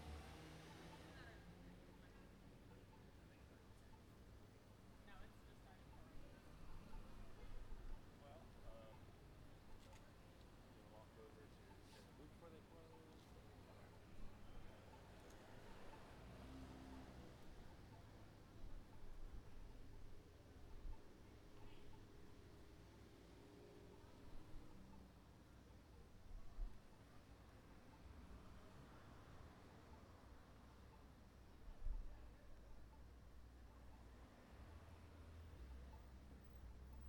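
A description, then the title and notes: A slightly busy city sidewalk where pedestrians stroll past, with voices and footsteps coming and going over a steady low rumble of traffic. A heavier vehicle or train swells through around the middle, and brief louder bursts punctuate the street noise near 27 and 32 seconds. City sidewalk. The sun shines brightly all afternoon. On a slightly busy sidewalk pedestrains stroll about, a train passes by, a car plays loud music.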